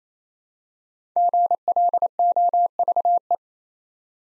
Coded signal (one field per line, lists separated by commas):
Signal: Morse code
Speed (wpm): 28 wpm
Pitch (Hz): 700 Hz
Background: none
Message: GLOVE